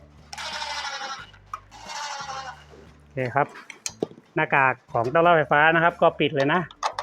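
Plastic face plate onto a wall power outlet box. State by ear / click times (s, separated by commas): not seated / none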